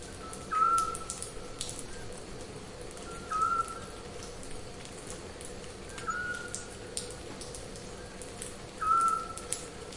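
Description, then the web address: Eurasian scops owl repeating a brief mellow whistle about every three seconds, four notes in all, some softer than others, with crackling noise throughout. "zwergohreule"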